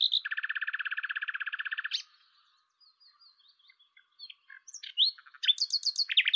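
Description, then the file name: Common nightingale delivering a long, rapid, even trill, then after a brief pause a series of varied chirps and whistled notes. "Luscinia megarhynchos"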